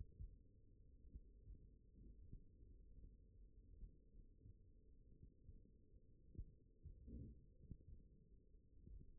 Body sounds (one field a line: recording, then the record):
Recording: forearm muscle sounds (acoustic myography)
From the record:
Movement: tripod grip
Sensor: system 1, eight BSWA MPA416 microphones around the upper forearm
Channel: 7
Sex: male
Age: 42 years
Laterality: right